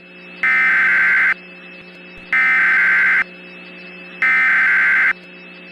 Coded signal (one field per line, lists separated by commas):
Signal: Emergency Alert System (SAME) tones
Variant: header bursts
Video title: EAS SCENARIO JENNIFER